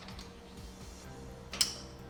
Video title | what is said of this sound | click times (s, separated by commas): Revoria Press: How To Replace the Toner & Corotrons | until you hear it click. | 1.6 s